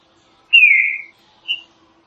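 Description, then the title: Green-winged saltator giving one long drawn whistled note sliding slightly downward, then a brief clear higher note after a short pause. Classic song used for song training. "Canto Clássico Trinca Ferro TREINAMENTO"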